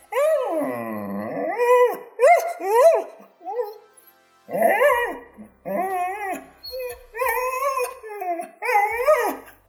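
A dog howls in a long, wavering rise and fall, then breaks into a string of shorter whimpering cries that swoop up and down in pitch, loud and with no talking.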